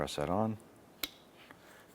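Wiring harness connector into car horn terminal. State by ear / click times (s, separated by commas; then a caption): seated / 1.0 s. Someone talks as a wiring harness connector is pressed by hand onto the terminal of a replacement car horn on a 2001–2005 Honda Civic. The connector locks with a sharp plastic click at 1.0 s, followed by a faint tick around 1.5 s. The connector is seated.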